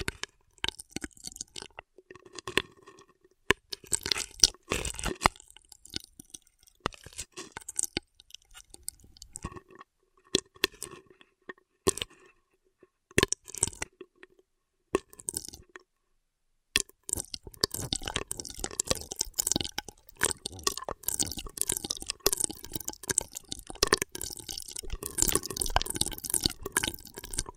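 Intense straw triggers: crisp crinkling and crunchy snapping come in short bursts with silent pauses through the first half. From about 17 seconds the sounds turn dense and nearly continuous, a bright, busy crackle of taps and squeaks until the end.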